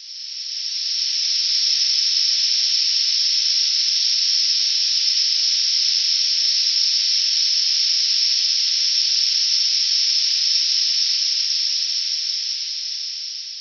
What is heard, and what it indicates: Tinnitus Soother 5 5 k Hz Noise Masking Audio Clip.